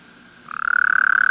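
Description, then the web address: Toad giving a pulsed, even trill that starts abruptly after a half-second of quiet and holds a steady pitch to the end. "Bufonidae"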